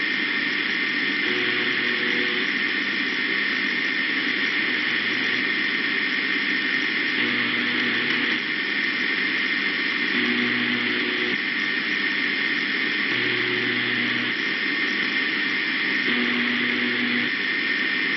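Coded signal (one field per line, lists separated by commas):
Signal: channel marker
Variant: UVB-76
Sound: loud radio hiss with about six low, one-second buzzes spaced roughly three seconds apart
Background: heavy radio static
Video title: The Buzzer (UVB-76) is buzzin'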